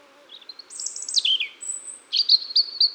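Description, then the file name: European robin song: high thin notes, a descending trilled slur, a sustained very high whistle, then a quick run of bright chirps. "Erithacus rubecula"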